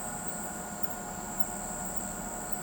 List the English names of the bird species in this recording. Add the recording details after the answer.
none. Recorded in pastures near Pivijay, Magdalena, Colombia, on 17 April 2023 at 00:00. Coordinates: 10.456, -74.369. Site P6-G026